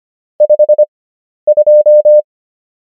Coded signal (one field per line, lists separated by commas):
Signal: Morse code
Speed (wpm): 25 wpm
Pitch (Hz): 600 Hz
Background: none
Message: 52